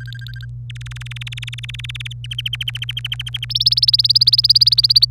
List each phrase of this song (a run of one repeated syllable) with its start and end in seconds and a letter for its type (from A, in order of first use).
0.00-0.45 A, 0.70-2.13 B, 2.24-3.45 C, 3.50-5.05 D